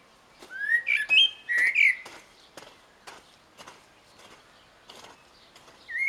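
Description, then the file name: Eurasian blackbird delivering one rich whistled phrase with upward slides and a squeaky finish in the first two seconds, followed by soft clicks and a new note starting at the end. "Turdus merula"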